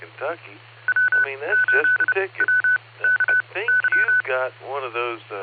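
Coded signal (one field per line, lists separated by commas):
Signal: Morse code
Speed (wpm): 30 wpm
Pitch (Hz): 1500 Hz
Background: speech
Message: W8WKY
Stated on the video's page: Heard on a 2 m repeater net at 147.39 MHz, received on a Flex 6700 with preamp and a 5/8 base antenna.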